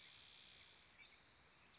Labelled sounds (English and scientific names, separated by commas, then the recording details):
Spotted Towhee (Pipilo maculatus)
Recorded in Sonoma County, California